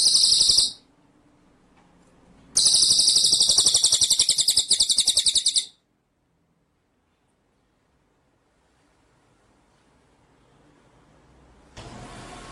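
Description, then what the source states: White-rumped shama song: a short burst of dense, very high buzzy trilling, a pause, then a longer three-second rapid rolling trill, followed by faint hiss. Masteran (training) track of full song in ngerol (rolling) and nembak (shooting) style.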